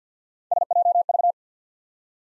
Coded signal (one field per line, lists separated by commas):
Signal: Morse code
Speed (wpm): 48 wpm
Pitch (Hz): 700 Hz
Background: none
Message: SJV